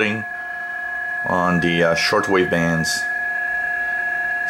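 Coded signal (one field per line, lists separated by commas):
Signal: PSK31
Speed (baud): 31.25 baud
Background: speech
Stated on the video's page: Ham BPSK31 signals.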